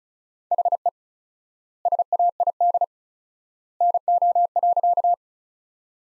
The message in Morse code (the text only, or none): HE SAID NO.